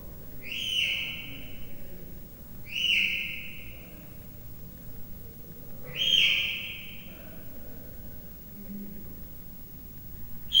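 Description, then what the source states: Leopard cub chirping: three high, slightly falling squeaky chirps spaced a few seconds apart, with a fourth starting at the end, over low background hum. Three-month-old leopard cub chirping, recorded at Miskolc Zoo, Hungary, 2009.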